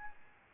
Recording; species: mosquito wingbeat signal from an infrared sensor; Aedes albopictus